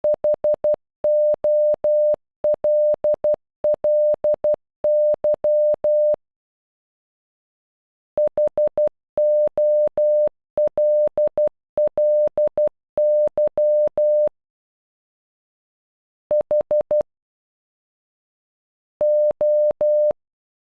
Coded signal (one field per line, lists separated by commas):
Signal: Morse code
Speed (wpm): 12 wpm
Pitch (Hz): 600 Hz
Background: none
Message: HOLLY HOLLY H O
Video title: Holly in Morse code